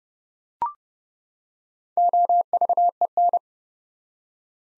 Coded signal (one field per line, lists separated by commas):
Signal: Morse code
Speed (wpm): 30 wpm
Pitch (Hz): 700 Hz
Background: none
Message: OVEN